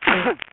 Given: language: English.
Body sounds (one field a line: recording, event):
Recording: throat vibration sensor signal played as sound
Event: cough